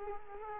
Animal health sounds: mosquito wingbeat signal from an infrared sensor; Culex quinquefasciatus

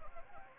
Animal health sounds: mosquito wingbeat signal from an infrared sensor; Anopheles gambiae

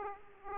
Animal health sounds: mosquito wingbeat signal from an infrared sensor; Aedes aegypti

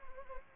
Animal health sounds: mosquito wingbeat signal from an infrared sensor; Anopheles gambiae

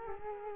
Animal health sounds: mosquito wingbeat signal from an infrared sensor; Culex quinquefasciatus

